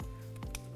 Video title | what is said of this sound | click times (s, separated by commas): 2007-2020 Chevy Silverado Install - Universal PUTCO 60" Switchblade LED Tailgate Light Bar | looking for a click and I just heard it don't push that safety tab back down and | 0.6 s